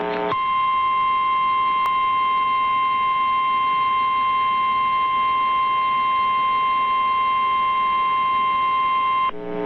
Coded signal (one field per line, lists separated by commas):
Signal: Emergency Alert System (SAME) tones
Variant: 1050 Hz attention tone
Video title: Severe Thunderstorm Warning for Blair, Centre, and Huntingdon, PA (EAS #66)